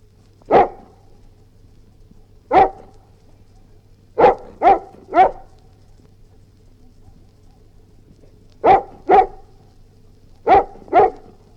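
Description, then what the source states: Golden Retriever barking in short, abrupt bursts, some single, some in quick pairs and one run of three, with irregular pauses between them and a steady low hum beneath. Golden Retriever growling.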